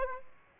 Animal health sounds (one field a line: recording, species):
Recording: mosquito wingbeat signal from an infrared sensor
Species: Aedes aegypti